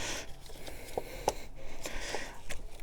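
After a line is bent back, a second fuel line quick-connector is pushed onto the diesel filter housing of a Land Rover Freelander 2 while a new filter is being primed. A softer tick at about 1.0 s comes before a sharp click at 1.3 s, and the connector is seated.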